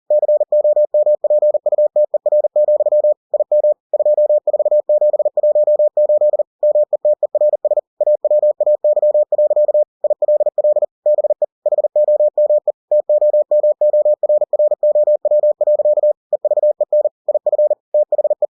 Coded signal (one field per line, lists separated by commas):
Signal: Morse code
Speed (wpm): 40 wpm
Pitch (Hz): 600 Hz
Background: none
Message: COMPUTER, IM 24718 METERS AWAY. ILL BE HOME TOMORROW. EVEN IF THE